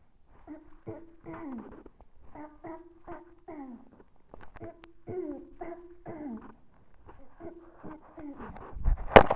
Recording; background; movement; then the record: throat clearing; quiet; sitting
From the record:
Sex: female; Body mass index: 18.8 kg/m2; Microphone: on the chest, facing the body